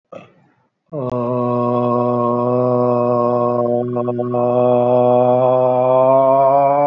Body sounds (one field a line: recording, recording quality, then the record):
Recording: sustained vowel as in made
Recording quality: excellent, no background noise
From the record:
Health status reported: recovered from COVID-19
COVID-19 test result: negative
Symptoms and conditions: cough, fever, hypertension, diabetes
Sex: male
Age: 65 years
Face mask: not worn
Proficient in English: yes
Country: India